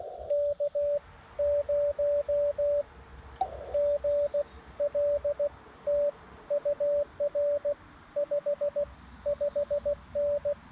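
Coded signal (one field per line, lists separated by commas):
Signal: Morse code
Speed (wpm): 16 wpm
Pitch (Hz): 580 Hz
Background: radio noise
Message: K0GLT UR 55N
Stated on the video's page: CW during a POTA activation with a Xiegu G90 on a homemade 29-foot vertical antenna.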